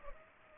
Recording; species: mosquito wingbeat signal from an infrared sensor; Culex pipiens